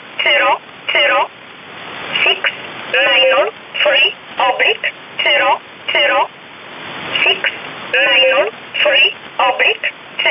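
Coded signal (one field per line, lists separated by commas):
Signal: numbers station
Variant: E11 Oblique, English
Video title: 10 04 2019 E11 Oblique Numbers station in English 1045 on 7317 unknown tx site in USB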